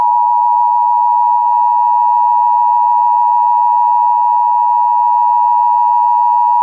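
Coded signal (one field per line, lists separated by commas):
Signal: Emergency Alert System (SAME) tones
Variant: 853 and 960 Hz attention tone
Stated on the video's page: Simulated EAS scenario.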